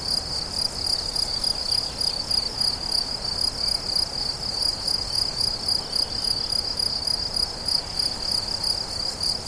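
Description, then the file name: Cricket: steady pulsed song, high and rhythmic at roughly three to four beats per second. Crickets recorded 17 July 2013 at La Fortiche on an MZ-N710 recorder. "mz-n 710 grillons la fortiche 17 07 13"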